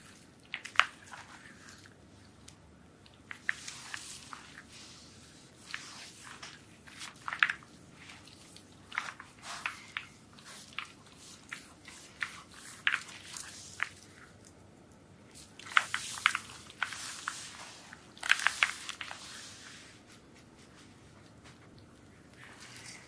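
Soap being rubbed and massaged, with wet squishing and crackling bursts that come in irregular clusters, busiest around sixteen to nineteen seconds.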